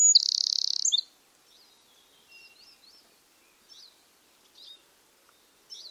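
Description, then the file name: Eurasian wren, a loud rapid rattling trill for about a second, followed by scattered faint high notes. "Troglodytes troglodytes"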